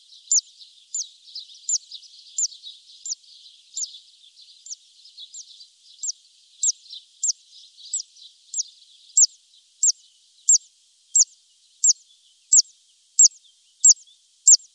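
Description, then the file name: Zitting cisticola call: high, sharp 'zit' notes repeated roughly every two-thirds of a second, growing clearer and louder toward the end over faint background twittering. "Grassangare"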